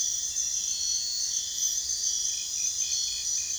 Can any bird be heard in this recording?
no